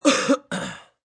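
Two quick bursts within about a second: a voiced, guttural throat clear followed by a short breathy cough that fades out. An acted adult cough and throat clearing, a human sound effect made to suggest someone who is sick.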